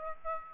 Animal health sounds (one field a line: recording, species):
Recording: mosquito wingbeat signal from an infrared sensor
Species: Aedes aegypti